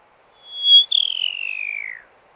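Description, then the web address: Pipit giving a single call: a sharp high whistle, then a long, vibrating, descending slur lasting over a second. "animal-sound pipit-sound"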